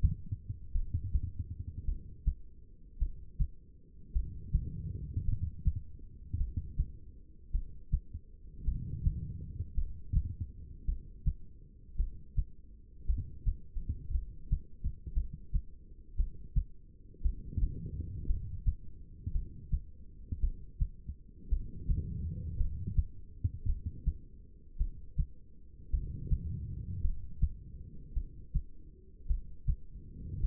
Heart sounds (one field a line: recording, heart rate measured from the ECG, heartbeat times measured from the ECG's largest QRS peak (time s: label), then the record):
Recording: heart sounds by stethoscope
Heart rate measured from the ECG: 55 bpm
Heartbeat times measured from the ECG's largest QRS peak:
0.72 s: heartbeat
1.85 s: heartbeat
2.98 s: heartbeat
4.12 s: heartbeat
5.25 s: heartbeat
6.37 s: heartbeat
7.51 s: heartbeat
8.64 s: heartbeat
9.74 s: heartbeat
10.85 s: heartbeat
11.96 s: heartbeat
13.05 s: heartbeat
14.11 s: heartbeat
15.13 s: heartbeat
16.15 s: heartbeat
17.21 s: heartbeat
18.26 s: heartbeat
19.31 s: heartbeat
20.40 s: heartbeat
21.48 s: heartbeat
22.57 s: heartbeat
23.65 s: heartbeat
24.77 s: heartbeat
25.90 s: heartbeat
27.01 s: heartbeat
28.13 s: heartbeat
29.26 s: heartbeat
30.40 s: heartbeat
From the record:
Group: heart failure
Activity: rest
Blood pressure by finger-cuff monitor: 85/65 mmHg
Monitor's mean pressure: 72 mmHg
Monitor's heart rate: 54 bpm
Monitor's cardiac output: 2.5 L/min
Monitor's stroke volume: 47 mL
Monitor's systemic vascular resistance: 2030 dyn s/cm5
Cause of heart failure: non-ischemic cardiomyopathy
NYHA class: 1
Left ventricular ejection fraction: 52%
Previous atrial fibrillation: present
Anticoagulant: apixaban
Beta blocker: bisoprolol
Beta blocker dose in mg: 10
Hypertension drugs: sacubitril-valsartan, spironolactone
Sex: female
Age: 68 years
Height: 169 cm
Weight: 71 kg